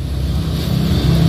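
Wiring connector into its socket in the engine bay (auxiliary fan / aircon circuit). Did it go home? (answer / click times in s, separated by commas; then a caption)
no / none. A plastic wiring connector is pushed back into its socket in the engine bay of a Toyota Corolla "Big Body," on the auxiliary fan and aircon circuit. Only a steady low engine-like rumble is heard, with no sharp click. The connector has not locked on this first attempt, and nothing has clicked or seated yet.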